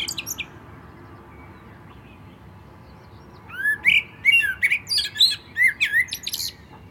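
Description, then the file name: Common blackbird song after a few quiet seconds: rising fluty whistles followed by a quick series of high, scratchy chirps lasting about three seconds. "Turdus merula"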